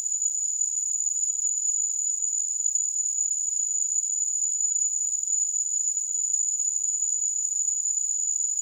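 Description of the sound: Simulated tinnitus: a steady, continuous high-pitched tone near 7 kHz with faint hiss spread around it above about 4 kHz, unchanging in loudness throughout, with nothing in the low frequencies.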